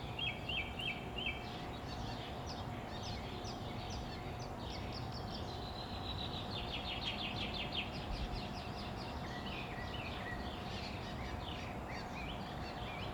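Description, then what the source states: Birds in a busy dawn chorus: many chirps, trills and repeated high notes overlapping throughout, with a steady low hum in the background. Birds at summer dawn in Phoenix, Arizona, USA.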